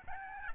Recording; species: mosquito wingbeat signal from an infrared sensor; Aedes albopictus